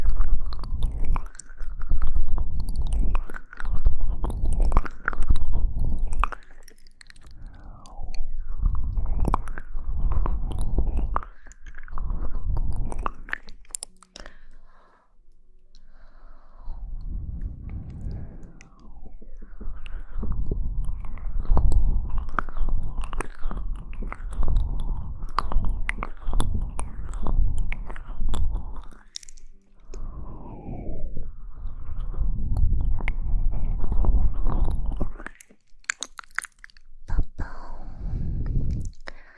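Wet mouth sounds, chewing and smacking, come in dense bursts with short clicks and crunchy bites throughout. The sounds are full and low with bright crackling edges, pausing briefly around 15 and 29 seconds before resuming at a steady, busy pace.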